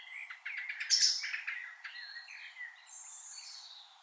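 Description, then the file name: Common blackbird song: a short warble with a high squeaky twitter, followed by fainter thin whistles. "Turdus merula"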